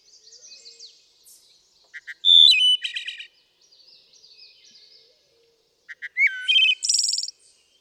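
Wood thrush singing two phrases, each with soft lead-in notes, a ringing flute-like whistle and a buzzy high trill, quiet twittering between.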